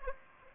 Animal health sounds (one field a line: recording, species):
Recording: mosquito wingbeat signal from an infrared sensor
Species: Aedes aegypti